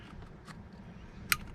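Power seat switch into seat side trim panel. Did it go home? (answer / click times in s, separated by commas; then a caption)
yes / 1.3 s. A replacement power seat switch for a 2013 Ford F350 is pushed into the plastic seat side trim panel, front tab first. Against a low background rumble, the switch body snaps in with one sharp click at 1.3 seconds, seating it in the trim.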